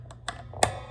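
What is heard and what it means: The original push-in tremolo arm of a left-handed Ibanez guitar is pushed back into its Edge tremolo bridge, giving two sharp clicks at 0.3 s and 0.6 s over a low steady hum. The arm seats properly, with the click it is supposed to make.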